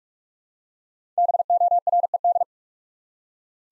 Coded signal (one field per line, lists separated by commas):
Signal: Morse code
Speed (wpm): 44 wpm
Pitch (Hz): 700 Hz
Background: none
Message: BORED